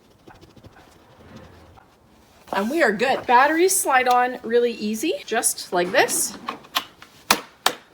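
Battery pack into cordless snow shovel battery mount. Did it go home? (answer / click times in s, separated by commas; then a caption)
yes / 7.3 s, 7.7 s. Someone talks while a DEGGE 21V power tool battery pack is slid onto the plastic battery mount of a cordless snow shovel. Near the end, sharp clicks at 7.3 s and 7.7 s mark the battery latching into place, showing it is seated.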